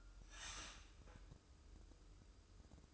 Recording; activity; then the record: daily activity, microphone in the room; start toaster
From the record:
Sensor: 2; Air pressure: 995.1 hPa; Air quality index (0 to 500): 59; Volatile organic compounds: 2 ppm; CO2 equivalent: 984 ppm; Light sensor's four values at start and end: 17/54/21/20 and 17/54/21/20